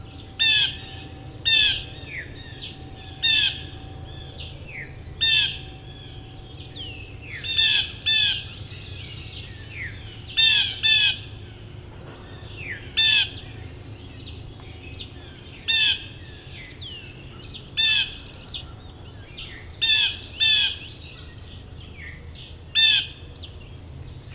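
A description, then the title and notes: Birdsong from Indigo Bunting, Wood Thrush and American Redstart in the Dundas Valley forest. Bright, clipped phrases of stacked high notes repeat every second or two, with softer whistled calls and a faint low rumble running beneath throughout. Today I’m in the Dundas Valley, just below the Niagara Escarpment in Hamilton Ontario, one of the largest remaining Carolinian Forests in the region. Indigo Bunting, Wood Thrush, American Redstart.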